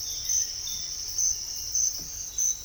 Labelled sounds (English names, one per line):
none